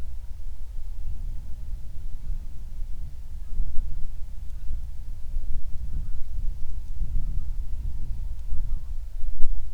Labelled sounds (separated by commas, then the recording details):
waterfowl, wind
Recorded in the Prudhoe Bay oil fields, Alaska, on 31 July 2019 at 08:01
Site 24